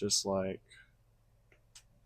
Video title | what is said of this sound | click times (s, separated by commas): Are S.H.Figuarts Figures Really Good?? | just like that. And you hear that little snap. | 1.5 s, 1.8 s